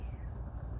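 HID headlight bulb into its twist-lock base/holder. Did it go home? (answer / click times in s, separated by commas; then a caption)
no / none. A replacement HID headlight bulb for a Honda CR-Z is handled at its twist-lock base, with a steady low rumble and soft handling noise and no sharp transient. The bulb has not yet snapped into place, and nothing has seated or clicked.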